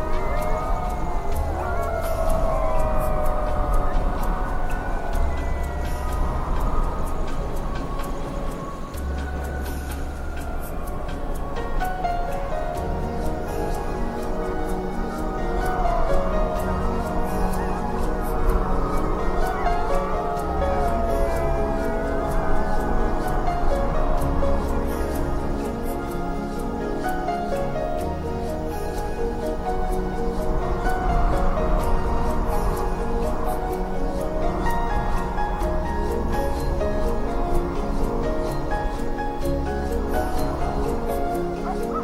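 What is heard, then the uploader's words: Music plays at an even level throughout, built on deep bass notes that change every few seconds under layered, sustained chords. Wavering, gliding melodic lines drift above, with a faint crackly texture running through the top. Music and Nature Sounds.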